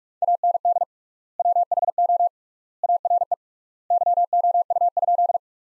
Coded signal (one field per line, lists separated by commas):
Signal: Morse code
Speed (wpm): 47 wpm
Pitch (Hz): 700 Hz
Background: none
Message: AND WHO ARE YOU?